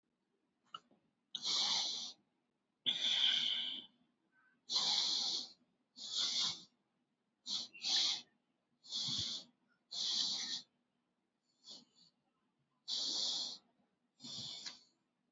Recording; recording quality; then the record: deep breathing; excellent, no background noise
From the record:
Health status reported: COVID-19 positive, moderate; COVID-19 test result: positive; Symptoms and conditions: cough, breathing difficulty, fever, muscle pain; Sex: male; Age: 43 years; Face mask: worn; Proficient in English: yes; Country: India